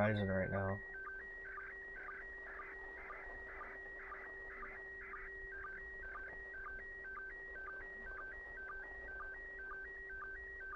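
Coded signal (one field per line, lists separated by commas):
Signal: SSTV (slow-scan television)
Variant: PD 120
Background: speech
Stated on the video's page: Signals received on VHF from the International Space Station and on shortwave bands.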